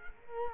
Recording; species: mosquito wingbeat signal from an infrared sensor; Culex quinquefasciatus